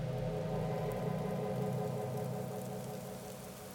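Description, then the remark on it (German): Steady rain hisses without a break on a dark November afternoon, laid over a low, droning hum that stays constant throughout and eases slightly toward the end. No voices are heard. “Summender Regen und Novemberdunkelheit schon am Nachmittag.”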